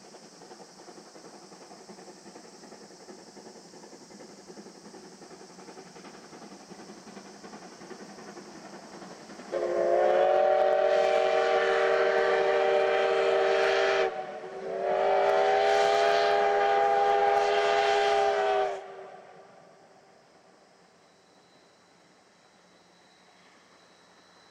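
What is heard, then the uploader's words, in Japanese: A double-headed steam train sounds two long, loud, chord-like whistle blasts in the middle, between stretches of low running rumble. SLやまぐち号 vol.3 ー重連ー。JR山口線を走る重連の「SLやまぐち号」（前半）です。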